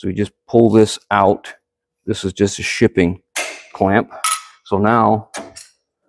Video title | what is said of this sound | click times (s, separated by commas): PROJECT "EX-HAUL" PT 4 BUILDING A MASSIVE HITCH PLATE! | it locks into place it's still going to move a little so there's a clamp here | 5.6 s